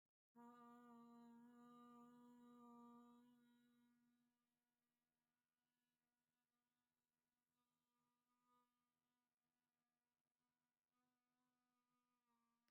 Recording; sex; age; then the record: vowel held as long as possible; female; 20 to 29 years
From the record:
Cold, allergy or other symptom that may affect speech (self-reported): no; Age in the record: 23 years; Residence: Indiana, United States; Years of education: 13